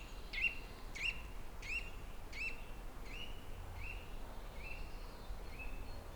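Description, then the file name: Eurasian nuthatch calling, a steady series of clear whistled notes, sharper at first then softer and slurred. "Sitta europaea"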